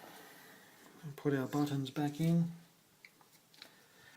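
Someone talks while the dual flush buttons are put back into the lid of a Caroma Stylus toilet cistern after fixing a leak, with the big button going on the right. Faint handling ticks and taps follow around 3.0–3.6 s, with a sharp tick at the very end as the button is pressed toward its seat. Nothing has seated or clicked into place yet.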